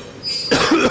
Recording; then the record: coughing mixed with background sound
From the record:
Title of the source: Coughing 46